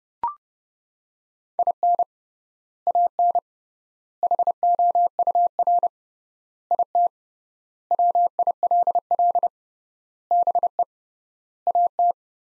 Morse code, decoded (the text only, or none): IN AN HOUR IT WILL BE AT